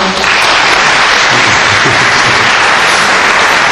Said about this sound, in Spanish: ¿A quién aplaudís?